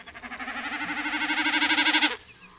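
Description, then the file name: Common snipe drumming: a throbbing, bleating hum of rapid pulses that swells in loudness for about two seconds and then stops abruptly. "Kszyk"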